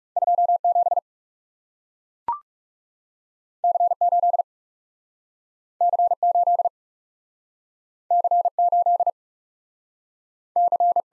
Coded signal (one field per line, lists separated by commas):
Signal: Morse code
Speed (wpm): 37 wpm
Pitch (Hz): 700 Hz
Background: none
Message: 2 7 C 8 C 8 C 8 C